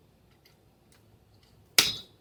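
A plastic push pin of a CPU heatsink, pressed in a diagonal (X) pattern, snaps into its motherboard hole with one loud, sharp click at 1.8 s, followed by a short bright ring that fades. Before it, only a few faint ticks break the quiet. The pin is seated.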